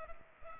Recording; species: mosquito wingbeat signal from an infrared sensor; Culex pipiens